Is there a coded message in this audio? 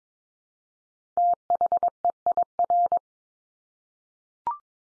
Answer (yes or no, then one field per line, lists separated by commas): yes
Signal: Morse code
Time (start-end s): 1.2-3.0 s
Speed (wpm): 22 wpm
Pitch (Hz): 700 Hz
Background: none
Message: THEIR